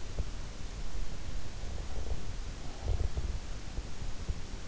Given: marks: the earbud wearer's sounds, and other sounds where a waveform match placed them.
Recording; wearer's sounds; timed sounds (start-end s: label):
sounds in sleep by an in-ear microphone; breath
1.50-3.30 s: breath